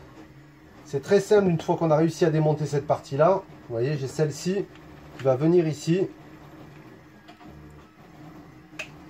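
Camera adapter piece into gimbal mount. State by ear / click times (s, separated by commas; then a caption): seated / 8.8 s. A plastic camera adapter piece is pressed onto a Snoppa M1 gimbal mount for a VR Jedeye 180 setup while someone talks. After the talking stops, a single sharp snap at 8.8 seconds marks the adapter clipping into place, seated.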